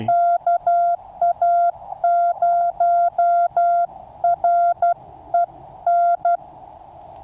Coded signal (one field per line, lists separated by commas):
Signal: Morse code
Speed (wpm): 12 wpm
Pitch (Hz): 690 Hz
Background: none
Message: KA0REN